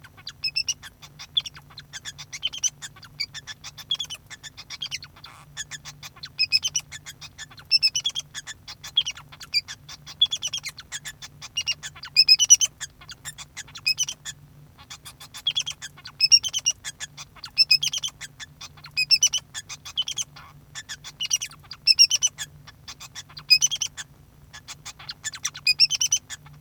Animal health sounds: song of a male Bengalese finch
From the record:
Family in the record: son of father 2

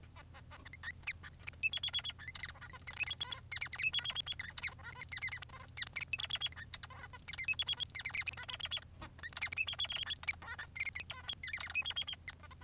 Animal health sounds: song of a male Bengalese finch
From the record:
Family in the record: son of father 3

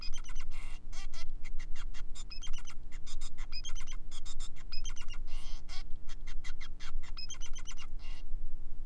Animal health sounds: song of a male Bengalese finch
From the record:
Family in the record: son of father 5

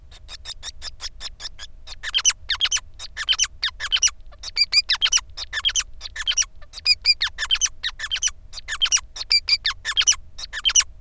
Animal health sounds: song of a male Bengalese finch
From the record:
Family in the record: son of father 5

